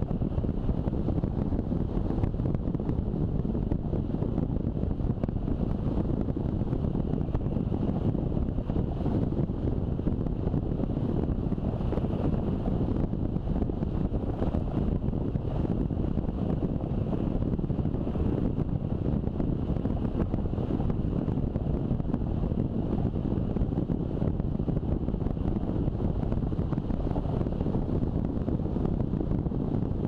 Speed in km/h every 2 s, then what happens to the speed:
32, 32, 30, 33, 32, 32, 31, 31, 31, 32, 32, 31, 31, 31, 30.
0-30 steady at about 31.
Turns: none.